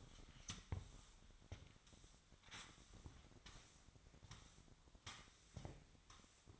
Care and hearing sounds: daily activity, microphone in the room; sweep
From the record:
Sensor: 3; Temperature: 25.7 degrees Celsius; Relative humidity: 37.5%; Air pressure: 1006.9 hPa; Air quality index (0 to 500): 204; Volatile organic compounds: 18 ppm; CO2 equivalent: 2612 ppm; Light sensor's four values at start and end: 12/27/11/11 and 11/26/11/11

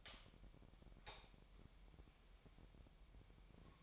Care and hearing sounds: daily activity, microphone in the room; light on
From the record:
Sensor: 1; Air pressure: 1012.0 hPa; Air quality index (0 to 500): 232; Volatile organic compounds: 6 ppm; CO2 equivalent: 1852 ppm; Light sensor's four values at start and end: 13/31/13/15 and 16/44/17/19

